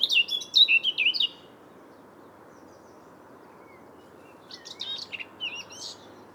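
Eurasian blackcap song: a rich, rapid warbled phrase of varied whistles at the start, a quiet gap, then a softer burst of notes near the end, over steady background noise.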